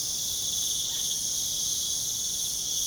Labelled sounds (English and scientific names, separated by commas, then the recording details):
none
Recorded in pastures near Puerto Asís, Putumayo, Colombia, on 29 June 2025 at 01:30
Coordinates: 0.497, -76.327
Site G040